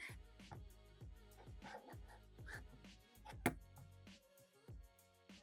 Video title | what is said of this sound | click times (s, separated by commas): iPhone 17 Pro - Otterbox Defender Pro Series MagSafe Case Review | work it around until you hear everything snap back in place. | 3.5 s